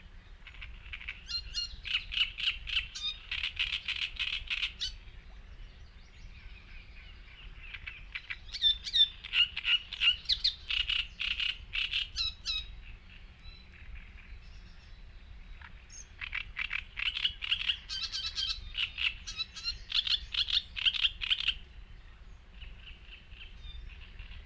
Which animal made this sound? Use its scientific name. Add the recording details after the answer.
Acrocephalus arundinaceus. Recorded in the wild. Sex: male. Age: adult. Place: Hobrechtsfelder Rieselfelder, Naturpark Barnim, Berlin, DE. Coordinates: 52.6686, 13.4692. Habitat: wetland. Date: 2013-05-19. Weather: sunny, windless, 15°C. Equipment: Sound Devices 702, Sennheiser MKH 70, Rycote Windschutz. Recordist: Frommolt, Karl-Heinz. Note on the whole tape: Große Rieselteiche: Gesang eines Drosselrohrsängers. Entfernung 10 m